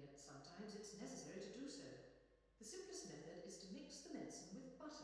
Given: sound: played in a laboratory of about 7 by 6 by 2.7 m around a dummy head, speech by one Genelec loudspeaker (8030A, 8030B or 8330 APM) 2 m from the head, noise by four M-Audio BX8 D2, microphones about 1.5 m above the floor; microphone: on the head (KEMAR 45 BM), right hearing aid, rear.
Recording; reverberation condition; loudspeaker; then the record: female speech in English; high; in front (0 degrees)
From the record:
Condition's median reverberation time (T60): about 1300 ms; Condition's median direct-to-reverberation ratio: about -4.0 dB